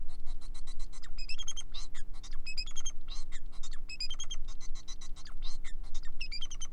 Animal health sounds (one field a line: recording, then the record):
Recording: song of a male Bengalese finch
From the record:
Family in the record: son of father 4